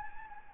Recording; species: mosquito wingbeat signal from an infrared sensor; Anopheles gambiae